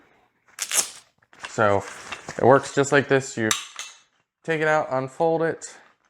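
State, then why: Not seated. A collapsible camp chair is taken out and its folding frame is unfolded, with short metallic handling clatters under someone talking. The frame joint has not locked open yet; nothing has seated or clicked so far.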